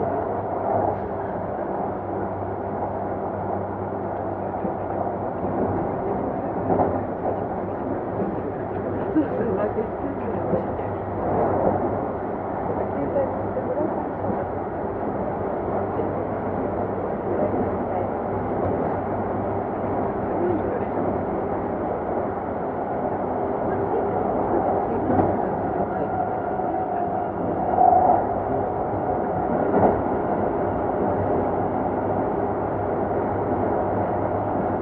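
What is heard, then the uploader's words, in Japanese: A Keikyu 2100 series train on its run from Yokohama to Misakiguchi, heard as a steady, dense low rumble that holds for the full half minute. Faint clatters and murmured voices pass through, and a brief bright tone sounds near 28 seconds. 京急2100形 横浜〜三崎口。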